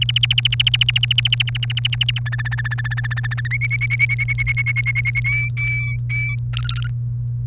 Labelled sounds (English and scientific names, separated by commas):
Domestic Canary (Serinus canaria) song